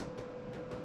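A foam wing tip extension is pushed onto the wing joint of an HobbyKing KingTwin Avios RC plane. Only a steady background hum with a constant tone is heard, and no click. The wing tip has not clicked into place.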